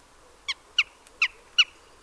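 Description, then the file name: Eurasian jay giving four short, nasal, harmonic notes in quick succession. "Garrulus glandarius"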